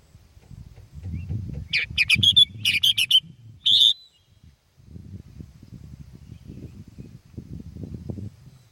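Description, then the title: Sooty-headed bulbul with a few lively, bubbling phrases, then quiet apart from a soft low rumble. "kutilang"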